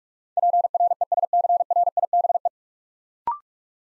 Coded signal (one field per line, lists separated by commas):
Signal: Morse code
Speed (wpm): 44 wpm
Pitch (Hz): 700 Hz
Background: none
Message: PRESCRIBE